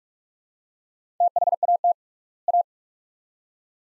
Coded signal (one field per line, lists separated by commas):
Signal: Morse code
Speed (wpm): 42 wpm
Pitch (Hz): 700 Hz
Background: none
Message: THAT A